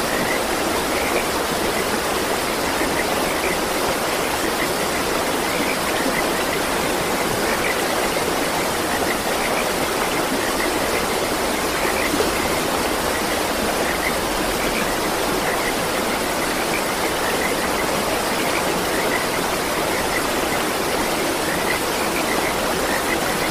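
A waterfall pours steadily into a river, a dense, even rush that holds at the same level for the whole stretch with no breaks. Faint, brighter flecks flicker through the upper part of the roar, and the low end stays light.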